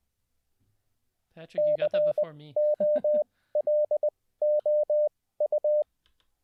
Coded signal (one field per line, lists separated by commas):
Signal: Morse code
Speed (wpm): 20 wpm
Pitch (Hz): 600 Hz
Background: speech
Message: COLOU